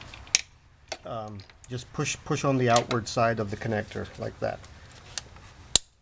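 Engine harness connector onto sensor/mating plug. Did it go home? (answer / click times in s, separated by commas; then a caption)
yes / 5.8 s. Someone talks while pushing on the outer side of a plastic electrical connector on a VH41DE engine harness, pressing it onto its sensor mating plug. After a sharp tap near the start, a crisp click at 5.8 s marks the connector latching, seated and secure.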